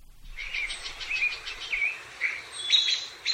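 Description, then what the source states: Veery song, a run of high, reedy downward-spiralling notes, then brighter thin phrases near the end, over a steady background hiss. Song described as ethereal and liquid, as well as jangling and metallic.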